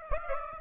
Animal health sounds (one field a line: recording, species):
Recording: mosquito wingbeat signal from an infrared sensor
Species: Aedes aegypti